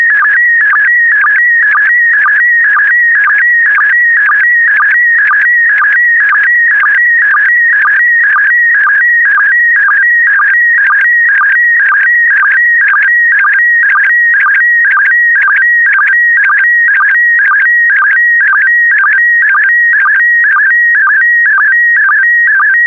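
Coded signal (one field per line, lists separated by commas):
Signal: SSTV (slow-scan television)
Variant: PD120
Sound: warbling high tone with a rhythmic chirping blip about twice a second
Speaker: 5, 4, 3, 2, 1. Thank you. Transmission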